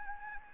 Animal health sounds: mosquito wingbeat signal from an infrared sensor; Anopheles arabiensis

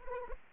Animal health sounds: mosquito wingbeat signal from an infrared sensor; Anopheles arabiensis

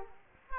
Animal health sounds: mosquito wingbeat signal from an infrared sensor; Culex quinquefasciatus

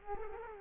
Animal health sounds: mosquito wingbeat signal from an infrared sensor; Culex quinquefasciatus

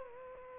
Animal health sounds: mosquito wingbeat signal from an infrared sensor; Aedes aegypti

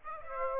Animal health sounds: mosquito wingbeat signal from an infrared sensor; Aedes aegypti

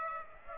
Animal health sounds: mosquito wingbeat signal from an infrared sensor; Aedes aegypti

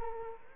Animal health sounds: mosquito wingbeat signal from an infrared sensor; Culex quinquefasciatus

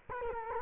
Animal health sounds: mosquito wingbeat signal from an infrared sensor; Culex quinquefasciatus

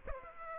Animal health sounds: mosquito wingbeat signal from an infrared sensor; Aedes aegypti

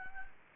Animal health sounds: mosquito wingbeat signal from an infrared sensor; Anopheles gambiae

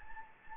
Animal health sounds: mosquito wingbeat signal from an infrared sensor; Anopheles gambiae

